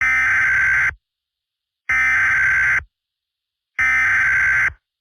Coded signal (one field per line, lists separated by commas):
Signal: Emergency Alert System (SAME) tones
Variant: header bursts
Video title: EAS MOCK- Savannah Crisis